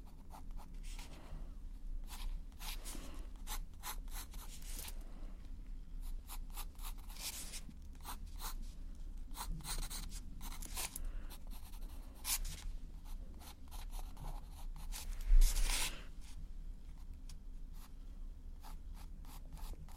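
Pencil scratching out rapid, irregular strokes over a low steady hum, with one louder, scraping stroke around fifteen seconds.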